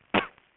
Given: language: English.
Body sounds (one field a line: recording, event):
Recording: throat vibration sensor signal played as sound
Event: cough